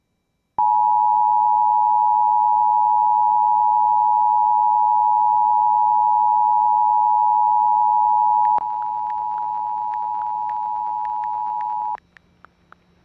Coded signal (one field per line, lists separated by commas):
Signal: Emergency Alert System (SAME) tones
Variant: 853 and 960 Hz attention tone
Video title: WXJ55 PULLS A CRS EAS Alerts From 3/27/21 (EAS $415-422)